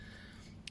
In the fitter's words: and it just it clicks into place really nicely and